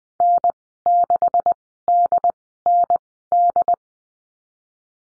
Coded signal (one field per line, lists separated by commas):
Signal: Morse code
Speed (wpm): 19 wpm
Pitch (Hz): 700 Hz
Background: none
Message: N6DND